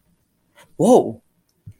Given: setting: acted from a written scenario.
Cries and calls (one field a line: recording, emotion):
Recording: vocal sound without words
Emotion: negative surprise